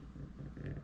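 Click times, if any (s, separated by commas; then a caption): none. A metal side plate is being pushed back onto the frame of an Avet LX6.0 fishing reel, over the clicker arm, after the arm was pressed further down because it wasn't pressed down enough. Only a steady low rumbling handling noise is heard for under a second, with no distinct transient. Nothing has seated or clicked yet.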